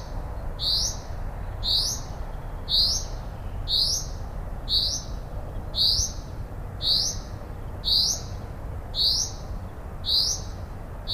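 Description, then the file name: Common chaffinch calls, short bright upslurred notes repeated steadily about once a second over a constant low rumble of background noise. "Fringilla coelebs"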